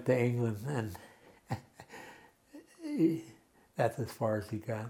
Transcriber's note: chuckles